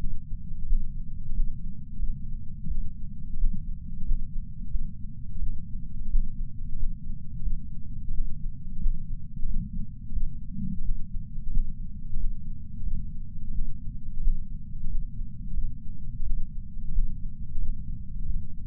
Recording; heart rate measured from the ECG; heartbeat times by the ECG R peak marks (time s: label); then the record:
heart sounds by patch sensor on the chest; 89 bpm
0.65 s: heartbeat
1.32 s: heartbeat
1.99 s: heartbeat
2.66 s: heartbeat
3.36 s: heartbeat
4.04 s: heartbeat
4.70 s: heartbeat
5.38 s: heartbeat
6.08 s: heartbeat
6.76 s: heartbeat
7.42 s: heartbeat
8.10 s: heartbeat
8.79 s: heartbeat
9.46 s: heartbeat
10.12 s: heartbeat
10.81 s: heartbeat
11.49 s: heartbeat
12.16 s: heartbeat
12.82 s: heartbeat
13.51 s: heartbeat
14.20 s: heartbeat
14.87 s: heartbeat
15.53 s: heartbeat
16.22 s: heartbeat
16.91 s: heartbeat
17.58 s: heartbeat
18.25 s: heartbeat
From the record:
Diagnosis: coronary artery disease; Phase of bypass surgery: postoperative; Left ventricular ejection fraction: 66.5%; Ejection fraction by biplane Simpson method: 64.8%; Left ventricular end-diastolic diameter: 39 mm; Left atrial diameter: 31 mm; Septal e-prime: 4.5 cm/s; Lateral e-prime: 6.6 cm/s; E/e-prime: 22.7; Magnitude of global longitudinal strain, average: 16.9%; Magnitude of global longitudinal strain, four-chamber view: 19.4%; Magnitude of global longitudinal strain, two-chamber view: 15.7%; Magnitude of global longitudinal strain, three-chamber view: 15.8%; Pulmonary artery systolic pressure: 26 mmHg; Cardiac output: 4.24 L/min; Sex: female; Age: 80 years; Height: 150 cm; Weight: 49 kg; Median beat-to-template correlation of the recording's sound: 0.73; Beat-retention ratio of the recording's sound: 1.00